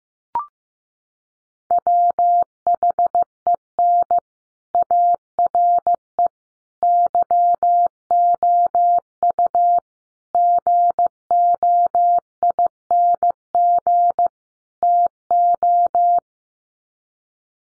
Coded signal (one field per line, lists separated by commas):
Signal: Morse code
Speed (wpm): 15 wpm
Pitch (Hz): 700 Hz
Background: none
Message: WHEN ARE YOU GOING TO